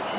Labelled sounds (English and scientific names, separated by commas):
Cape May Warbler (Setophaga tigrina) flight call